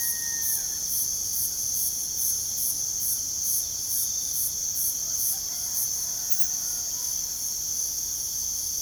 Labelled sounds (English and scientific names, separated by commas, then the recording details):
none
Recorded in pastures near Puerto Asís, Putumayo, Colombia, on 24 June 2025 at 05:00
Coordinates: 0.497, -76.327
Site G040